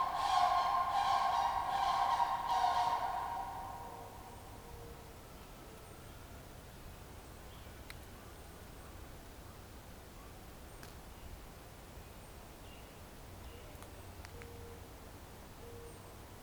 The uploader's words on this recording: Soundscape recordings made in the Eastern part of Parry Sound District of Ontario or what is locally known as the Almaguin Highlands. Inside that bird feeder was an audio recorder that captured the overnight soundscapes of spring.